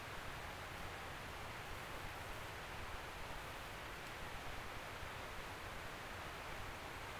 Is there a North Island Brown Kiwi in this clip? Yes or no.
no